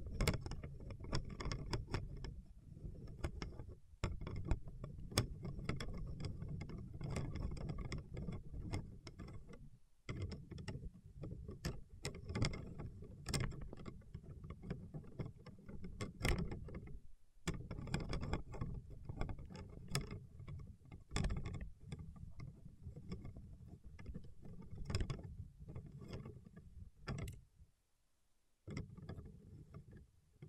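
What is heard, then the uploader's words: Fingertips work wax in a dense, low rubbing full of frequent sharp clicks, with brief pauses near 10, 17 and 27 seconds. ASMR with Wax Fingertips for Sleep (No Talking).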